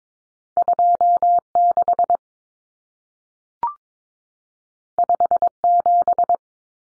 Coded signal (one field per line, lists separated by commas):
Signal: Morse code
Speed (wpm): 22 wpm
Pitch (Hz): 700 Hz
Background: none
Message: 26 57